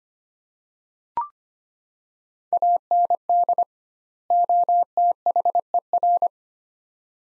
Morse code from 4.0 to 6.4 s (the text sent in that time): OTHER